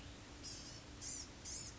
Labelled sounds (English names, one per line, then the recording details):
Blue-gray Gnatcatcher
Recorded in Sonoma County, California